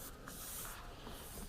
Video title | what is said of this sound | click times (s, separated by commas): How to replace the SSD drive on a New Lenovo Yoga 900S | lay it right down and you'll hear it click right back in | 0.3 s